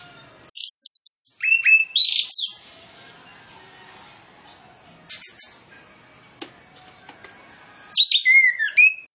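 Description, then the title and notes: Orange-headed Thrush song: a quick run of sharp, high twittering phrases opening the passage, then a long quiet gap with a brief call and faint clicks, and another varied warbling burst near the end. Full isian training song (masteran) used as a lure so that birds start singing openly (ngeplong). "Masteran Anis Kembang Full Isian Untuk Suara Pancingan Anis Kembang Agar Cepat Ngeplong. Suara Burung Anis Kembang"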